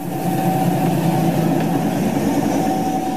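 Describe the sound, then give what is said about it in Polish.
A narrow-gauge railway train in Piaseczno, Poland, runs with a steady, loud low rumble and a thin sustained whine riding on top, unbroken for the whole stretch, with no voices. “Mowa o kolejkach wąskotorowych. Uwaga, bo wjeżdżamy na ten tor.”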